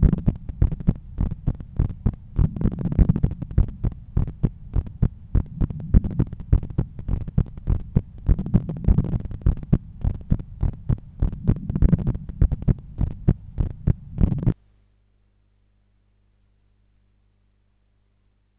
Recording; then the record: heart sounds by stethoscope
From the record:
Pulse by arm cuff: 100 bpm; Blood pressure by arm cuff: 138/85 mmHg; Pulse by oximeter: 100 bpm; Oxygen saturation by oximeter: 96%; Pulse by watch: 101 bpm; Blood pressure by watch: 129/85 mmHg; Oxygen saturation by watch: 89%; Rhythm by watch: sinus rhythm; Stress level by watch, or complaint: medium stress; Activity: after 5 min smoking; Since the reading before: plus 500 steps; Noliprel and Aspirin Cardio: after pills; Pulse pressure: 53 mmHg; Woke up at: 7:20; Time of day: 17:57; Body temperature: 36.3 C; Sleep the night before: 8 h 11 min, score 61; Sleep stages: REM 22%, light 68%, deep 3%, awake 7%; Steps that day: 9500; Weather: sunny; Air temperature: 25.9 C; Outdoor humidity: 61%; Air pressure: 1015 hPa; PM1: 8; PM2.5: 12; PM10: 12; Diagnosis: hypertension, treated with Noliprel and Aspirin Cardio 100 mg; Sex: male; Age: 53 years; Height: 174 cm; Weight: 81 kg